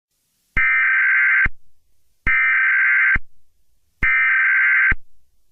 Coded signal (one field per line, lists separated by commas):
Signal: Emergency Alert System (SAME) tones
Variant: header bursts